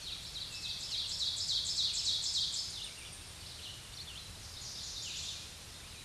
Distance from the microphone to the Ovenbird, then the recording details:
about 30 m. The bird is about 10 m above the microphone. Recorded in a Pennsylvania forest on 16 May 2024 at 07:05. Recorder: AudioMoth, point MSD-2146. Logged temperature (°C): 16.7 °C. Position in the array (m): 147 m, 6 m